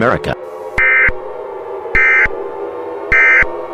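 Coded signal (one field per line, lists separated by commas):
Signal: Emergency Alert System (SAME) tones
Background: speech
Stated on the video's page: Simulated EAS scenario.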